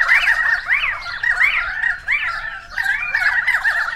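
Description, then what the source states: Currawongs calling in an overlapping group: harsh squawks mixed with rising and falling whistled notes, nearly continuous with a brief dip around two seconds. Several birds recorded on 28 May 2013.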